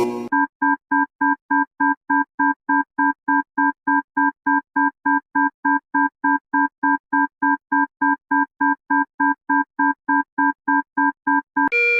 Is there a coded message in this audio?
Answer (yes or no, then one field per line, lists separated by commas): no